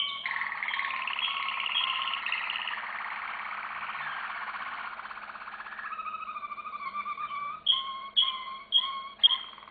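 Canary song opening with a long, even, rattling trill, then changing to short whistles repeated about twice a second.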